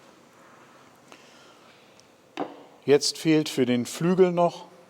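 Light handling of the operating rod of a window fitting in a Hueck Lambda WS 075 aluminium window sash profile, positioned in the toothed rack, gives small taps at about 1.1 s, 2.0 s and 2.4 s before someone talks from about 2.9 s to the end. Nothing has seated or clicked yet; the rod has not yet been pushed by the assembly lever into its final position.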